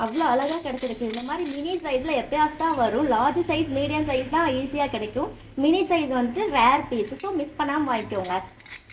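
A woman talks throughout while handling an antique brass box, a mini-size piece with a hanger and a metal latch on its lid. Faint clinks of metal are heard near the end, at about 8.7 s and 8.9 s. The latch has not yet locked shut, and nothing has seated or clicked by the end of the clip.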